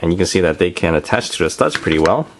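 A plastic Triceratops figure's feet are being handled against the studs of a brick base while someone talks throughout. Nothing has seated or clicked yet in this clip.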